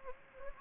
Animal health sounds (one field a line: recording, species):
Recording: mosquito wingbeat signal from an infrared sensor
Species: Anopheles gambiae